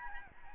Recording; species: mosquito wingbeat signal from an infrared sensor; Aedes albopictus